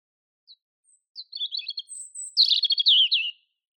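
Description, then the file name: European robin song: a few scattered high notes, then a dense, bright sequence of rapid trilling and warbled notes. "Erithacus rubecula"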